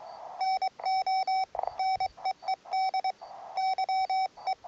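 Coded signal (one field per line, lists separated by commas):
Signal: Morse code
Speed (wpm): 23 wpm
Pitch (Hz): 760 Hz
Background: none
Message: NO NEED YE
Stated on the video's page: QRP CW portable operation on 80 meters.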